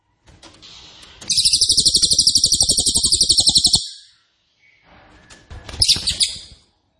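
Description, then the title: Cililin song: a long, rapid, dense high trill for about two and a half seconds, then softer notes and a brief second burst. Loud, dense, rapid-fire song style called 'nembak keras dan rapat', used as a favourite training recording (masteran) for oriental magpie-robin, leafbird and white-rumped shama. "Cililin NEMBAK KERAS dan RAPAT masteran murai batu cucak ijo dan kacer"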